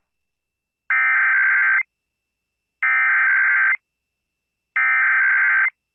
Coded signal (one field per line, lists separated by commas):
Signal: Emergency Alert System (SAME) tones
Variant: header bursts